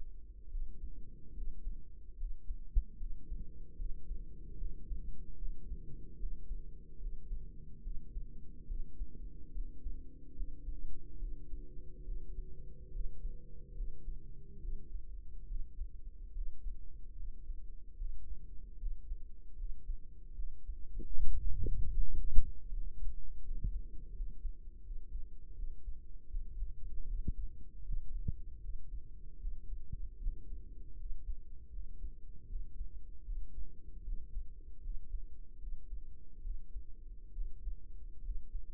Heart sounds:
heart sounds by microphone in the right ear; 75 bpm
0.48 s: heartbeat
1.33 s: heartbeat
2.16 s: heartbeat
2.96 s: heartbeat
3.75 s: heartbeat
4.55 s: heartbeat
5.36 s: heartbeat
6.17 s: heartbeat
6.98 s: heartbeat
7.81 s: heartbeat
8.65 s: heartbeat
9.50 s: heartbeat
10.33 s: heartbeat
11.17 s: heartbeat
12.02 s: heartbeat
12.90 s: heartbeat
13.73 s: heartbeat
14.59 s: heartbeat
15.45 s: heartbeat
16.32 s: heartbeat
17.14 s: heartbeat
17.95 s: heartbeat
18.76 s: heartbeat
19.55 s: heartbeat
20.33 s: heartbeat
21.12 s: heartbeat
21.91 s: heartbeat
22.67 s: heartbeat
23.41 s: heartbeat
24.11 s: heartbeat
24.81 s: heartbeat
25.53 s: heartbeat
26.27 s: heartbeat
27.05 s: heartbeat
27.82 s: heartbeat
28.59 s: heartbeat
29.38 s: heartbeat
30.18 s: heartbeat
30.95 s: heartbeat
31.70 s: heartbeat
32.46 s: heartbeat
33.23 s: heartbeat
34.02 s: heartbeat
34.80 s: heartbeat
35.58 s: heartbeat
36.40 s: heartbeat
37.32 s: heartbeat
38.21 s: heartbeat
From the record:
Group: healthy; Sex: male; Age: 35 years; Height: 178 cm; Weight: 64 kg

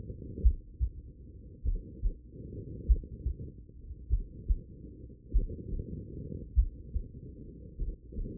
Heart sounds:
heart sounds by stethoscope; 49 bpm
0.41 s: heartbeat
1.63 s: heartbeat
2.85 s: heartbeat
4.08 s: heartbeat
5.30 s: heartbeat
6.53 s: heartbeat
7.76 s: heartbeat
From the record:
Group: heart failure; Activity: rest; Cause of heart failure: idiopathic cardiomyopathy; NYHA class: 2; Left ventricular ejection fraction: 53%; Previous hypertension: present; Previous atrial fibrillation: present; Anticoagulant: apixaban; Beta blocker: bisoprolol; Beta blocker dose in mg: 2.5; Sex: female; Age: 67 years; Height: 150 cm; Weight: 81 kg

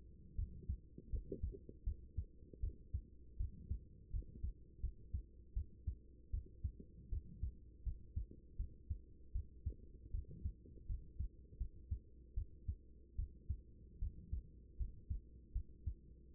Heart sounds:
heart sounds by stethoscope; 79 bpm
0.35 s: heartbeat
1.10 s: heartbeat
1.84 s: heartbeat
2.60 s: heartbeat
3.37 s: heartbeat
4.10 s: heartbeat
4.80 s: heartbeat
5.53 s: heartbeat
6.30 s: heartbeat
7.09 s: heartbeat
7.83 s: heartbeat
8.56 s: heartbeat
9.32 s: heartbeat
10.11 s: heartbeat
10.86 s: heartbeat
11.57 s: heartbeat
12.34 s: heartbeat
13.15 s: heartbeat
13.99 s: heartbeat
14.77 s: heartbeat
15.52 s: heartbeat
16.32 s: heartbeat
From the record:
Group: healthy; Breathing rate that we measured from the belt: 18 breaths a minute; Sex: female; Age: 24 years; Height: 163 cm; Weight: 55.7 kg

